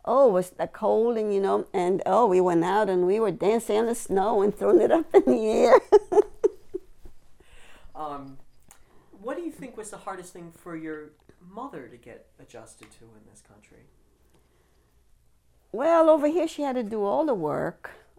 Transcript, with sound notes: Oh, it was the cold, and you know, we went out and we were dancing in the snow and throwing it up in the air. (laughing)
What do you think was the hardest thing for your mother to get adjusted to in this country?
Well, over here she had to do all the work.